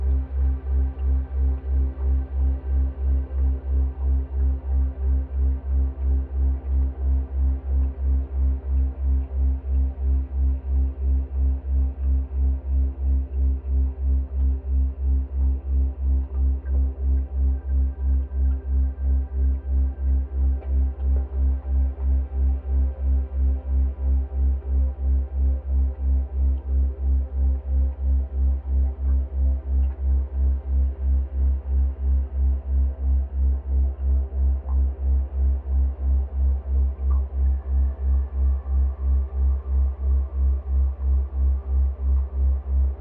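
A slowed dishwasher recording turned into a steady, deep pulsing drone, with rapid regular throbbing low down and faint higher tones drifting above.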